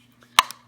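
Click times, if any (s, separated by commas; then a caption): 0.4 s. A modified .223 polymer box magazine, loaded with two .450 Bushmaster rounds and with its front profile cut so the bullet feeds out, is inserted rear end first into the magazine well of a Savage Axis bolt-action rifle and rocked up until the latch catches. A faint tap comes at 0.23 s, then one sharp, loud click at 0.4 s and a smaller tick at 0.51 s. The magazine is seated.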